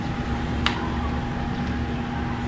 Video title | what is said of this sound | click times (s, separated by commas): ETU INSTALLED AND UPGRADES - AIRSOFT | nag-snap na siya. Yun na yan. | 0.7 s